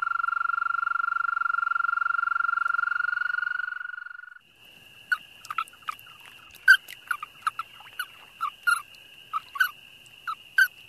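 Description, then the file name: American toad giving a long, steady musical trill for about four seconds, followed by a series of short, sharp bursts. "American Toad (Wild America)"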